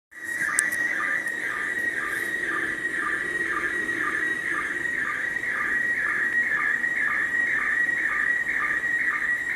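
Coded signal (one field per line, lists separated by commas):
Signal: SSTV (slow-scan television)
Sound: continuous warbling whistle around 2 kHz with rhythmic low ticks twice a second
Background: radio static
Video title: SSTV images from ISS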